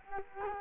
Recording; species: mosquito wingbeat signal from an infrared sensor; Culex quinquefasciatus